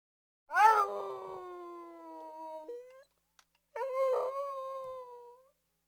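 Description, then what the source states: Dog whines twice: a long whine that rises sharply and then drifts down to a steady tone, then after a brief gap a second, wavering whine. Medium-sized dog whining.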